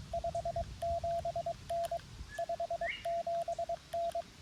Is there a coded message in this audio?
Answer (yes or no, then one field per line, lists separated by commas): yes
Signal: Morse code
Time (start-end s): 0.1-4.2 s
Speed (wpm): 21 wpm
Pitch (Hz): 680 Hz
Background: radio noise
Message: 57N 57N